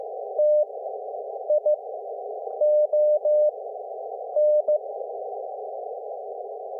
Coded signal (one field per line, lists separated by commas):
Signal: Morse code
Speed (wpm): 15 wpm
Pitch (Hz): 600 Hz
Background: none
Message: TION